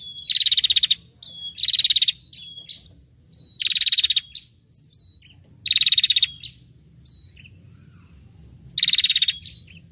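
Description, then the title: Prinia giving five short, high rattling bursts at uneven intervals, each a fast run of ticks, with faint thin notes between. Prinia noisy call ('prenjak ribut') used as a lure for trapping prinias, aimed at 'prenjak kepala merah' and 'prenjak tamu'. "Suara Prenjak Ribut Pikat Burung Prenjak Kepala Merah Prenjak Tamu"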